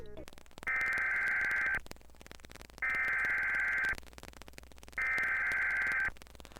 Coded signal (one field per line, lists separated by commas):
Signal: Emergency Alert System (SAME) tones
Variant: header bursts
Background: speech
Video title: The Interesting EAS Corner of Youtube